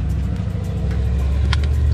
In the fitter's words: clicks in there's plenty of space back here